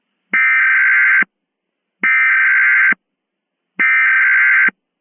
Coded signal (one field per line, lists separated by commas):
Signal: Emergency Alert System (SAME) tones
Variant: header bursts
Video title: EAS Mock: Retaliation: The fall of predators